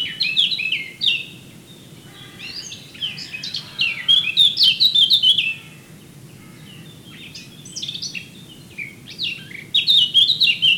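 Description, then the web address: Eurasian blackcap song with a brief opening burst, then a longer varied warble of mixed chirps and fluty notes, and a final bright phrase after a pause. "SETE data Sylvia atricapilla"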